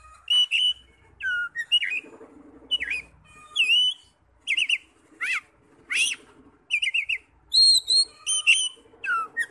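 Oriental magpie-robin singing repeated whistled notes that bend up and down, interspersed with chattering elements in a run of short phrases.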